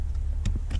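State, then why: Not seated. The other end of a plastic T-harness connector for a ShiftPower throttle response controller is handled toward its mating connector on a 2023 Toyota Tundra. Brief handling noises at about 0.5 and 0.8 seconds sit over a steady low hum. Nothing has seated or clicked yet.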